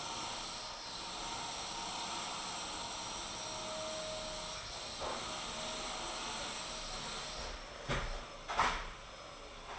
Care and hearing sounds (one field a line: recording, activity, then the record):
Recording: daily activity, microphone in the room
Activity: vacuum cleaning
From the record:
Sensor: 5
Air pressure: 995.4 hPa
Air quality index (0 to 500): 81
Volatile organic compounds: 3 ppm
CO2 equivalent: 1495 ppm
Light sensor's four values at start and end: 35/86/35/36 and 35/86/35/36